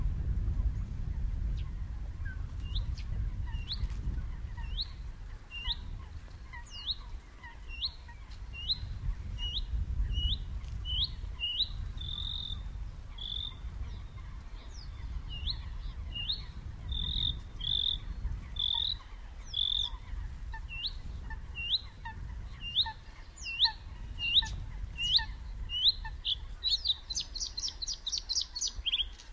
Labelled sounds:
Bluethroat (Luscinia svecica) song

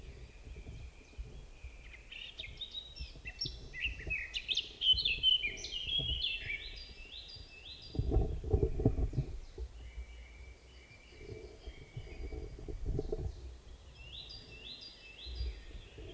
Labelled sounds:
Eurasian Blackcap (Sylvia atricapilla) song

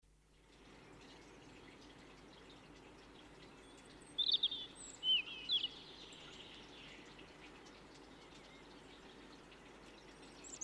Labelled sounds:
European Robin (Erithacus rubecula) song

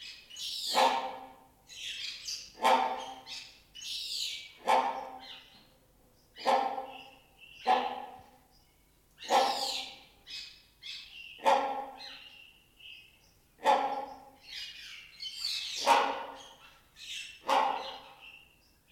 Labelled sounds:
Great Hornbill (Buceros bicornis)

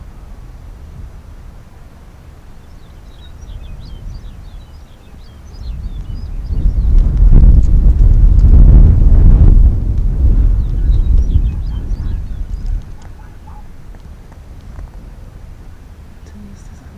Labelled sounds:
Arctic Fox (Vulpes lagopus)

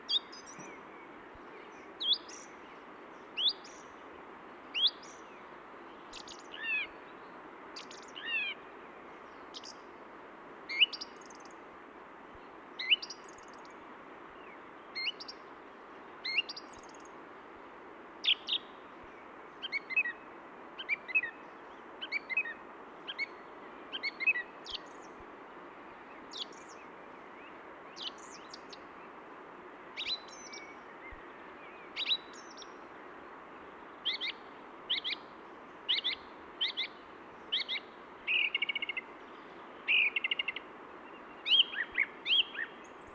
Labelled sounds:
Song Thrush (Turdus philomelos) song

